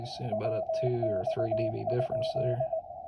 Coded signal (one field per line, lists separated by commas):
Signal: Morse code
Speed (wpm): 18 wpm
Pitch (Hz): 650 Hz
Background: speech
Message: WX?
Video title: 40m square loop in the vertical plane fed horizontally.